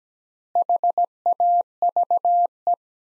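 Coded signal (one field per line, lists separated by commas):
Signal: Morse code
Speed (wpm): 17 wpm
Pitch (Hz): 700 Hz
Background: none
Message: HAVE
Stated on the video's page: Morse practice of five-word sets at 17 wpm with 3x word spacing, a Farnsworth-like method using words instead of characters.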